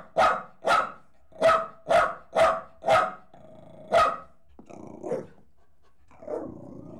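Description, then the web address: Dog barking sharply six times in quick succession, then a single bark, followed by a couple of softer, lower sounds. Jack Russell Terrier crossed with Corgi, leaping. "BBC Sound Effects Library. Horses Dogs. Jack Russel Corgi Cross Leaping"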